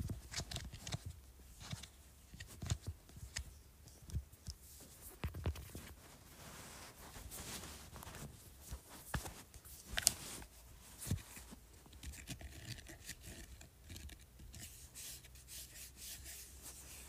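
Fingers scratch and rub at a speaker, making dense, uneven bursts of dry, rasping scrapes with frequent sharp clicks and taps. The activity is busiest through the first eleven seconds and then settles into softer, steadier rubbing, over a faint low hum.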